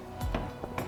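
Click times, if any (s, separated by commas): none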